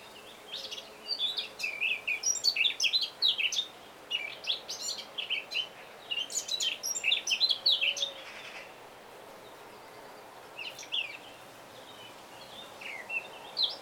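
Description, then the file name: Eurasian blackcap song: bursts of quick, varied chattering warbles repeated throughout with short gaps. "Sylvia atricapilla"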